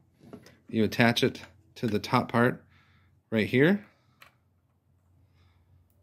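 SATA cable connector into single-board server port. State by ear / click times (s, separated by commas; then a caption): not seated / none. Someone talks while handling the included SATA data/power cable, bringing its connector to the port on top of a Zima Board Limited Edition single-board server. Faint short ticks occur at about 0.3, 0.5 and 4.2 seconds. The clip ends before the connector goes home, so nothing has seated or clicked yet.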